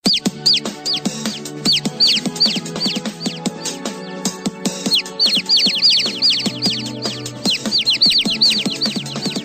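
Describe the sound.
Chickens peeping together, many high arched chirps overlapping in quick bursts, over a constant low mechanical hum.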